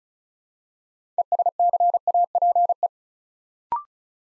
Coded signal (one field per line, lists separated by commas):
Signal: Morse code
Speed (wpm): 36 wpm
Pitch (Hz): 700 Hz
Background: none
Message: ESCAPE